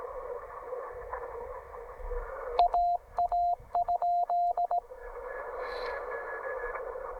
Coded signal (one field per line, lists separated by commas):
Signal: Morse code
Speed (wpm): 17 wpm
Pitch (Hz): 700 Hz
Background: radio noise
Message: AA?